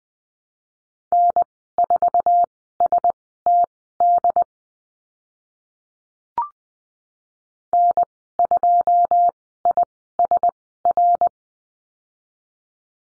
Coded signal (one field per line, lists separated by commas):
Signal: Morse code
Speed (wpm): 20 wpm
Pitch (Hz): 700 Hz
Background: none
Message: N4STD N2ISR